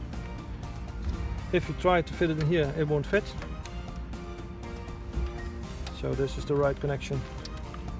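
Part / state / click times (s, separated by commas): wiring harness connector into infotainment head unit socket / not seated / none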